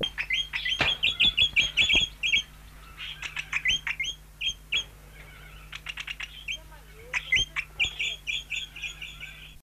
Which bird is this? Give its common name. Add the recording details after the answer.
Australian Ringneck. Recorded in captivity. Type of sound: call. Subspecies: zonarius. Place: Vogelpark Walsrode, Niedersachsen, DE. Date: 1976-09-04. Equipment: Halbspur, 9,5 cm/s. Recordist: Lütgens, Hans. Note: wird in den Innenkäfig gelassen